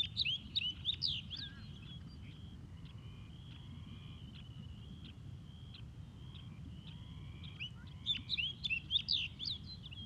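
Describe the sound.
Snow Bunting calls, clusters of rapid high twittering chirps at the start and again near the end, with a steady thin tone and low rumbling noise throughout.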